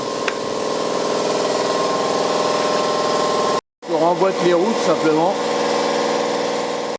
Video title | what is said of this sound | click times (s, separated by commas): Mon DYSON DC 19 ne fonctionne plus | et là ça va se verrouiller. | 0.3 s